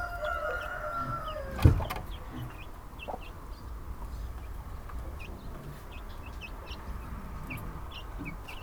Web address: allathangok parasztudvar csibe magyartyuk olajtokinyitasa kakasdiszno autoforgalom